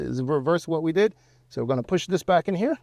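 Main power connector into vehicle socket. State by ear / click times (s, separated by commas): not seated / none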